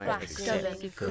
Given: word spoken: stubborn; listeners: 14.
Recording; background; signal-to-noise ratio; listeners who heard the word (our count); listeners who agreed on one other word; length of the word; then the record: one English word in noise, from a listening test; four-talker babble; -0.4 dB; 0 of 14; 6 of 14; 0.71 s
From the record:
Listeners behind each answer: 6, 4, 1, 1, 1, 1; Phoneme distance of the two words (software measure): 57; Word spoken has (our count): 2 syllables, 6 phonemes, stress on syllable 1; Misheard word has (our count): 1 syllable, 5 phonemes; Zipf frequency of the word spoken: 3.60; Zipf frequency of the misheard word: 3.52